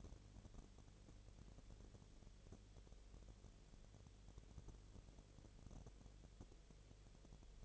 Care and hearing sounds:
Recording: daily activity, microphone in the room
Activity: no activity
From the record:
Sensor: 4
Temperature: 22.4 degrees Celsius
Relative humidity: 31.0%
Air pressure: 1004.1 hPa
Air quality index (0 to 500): 85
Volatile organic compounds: 1 ppm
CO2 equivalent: 769 ppm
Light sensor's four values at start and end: 2/3/1/1 and 2/3/1/1

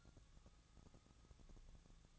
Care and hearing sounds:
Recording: daily activity, microphone in the room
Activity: take from stove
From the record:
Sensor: 3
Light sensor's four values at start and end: 7/17/7/6 and 7/17/7/6

